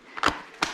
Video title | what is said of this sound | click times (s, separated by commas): Joie Finiti Flex 2 in 1 Signature Pushchair Review - BuggyBaby Reviews | Seat clicks into place. | 0.6 s